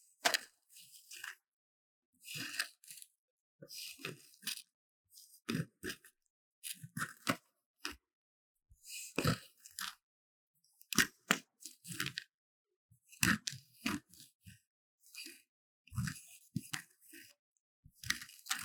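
A magnesium powder block is scraped in short, separate strokes, each a dry, gritty crunch with a bright hiss on top. The scrapes come about every second or so, uneven in loudness, with brief silences between them.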